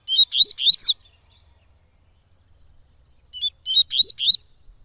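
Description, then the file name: Yellow-bellied Seedeater song: two bursts of four or five sweet, upslurred whistles, roughly three seconds apart. Singing a lot; tui-tui song style. "Coleiro Baiano Cantando Muito Canto Tui Tui"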